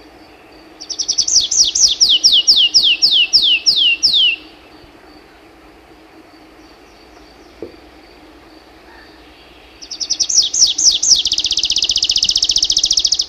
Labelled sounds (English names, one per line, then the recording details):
Tree Pipit song
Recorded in the wild
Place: Schwarzseelacke, AT
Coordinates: 47.7514, 16.8978
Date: 1972-05-09
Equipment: Uher Report 4200, AKG D190C in Doppel-Parabolreflektor
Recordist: Krey, Winfried